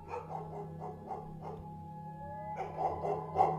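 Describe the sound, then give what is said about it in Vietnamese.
Several dogs that had been lying in a house's yard jump up and bark loudly and repeatedly in an uneven, overlapping volley, with a steady low hum running underneath and a brief lull before a final burst of sharp barks. “Đang lúc cáu bẳn thì đột nhiên mấy con chó đang nằm ở ngoài sân nhà ông nhổm lên sủa inh ỏi.”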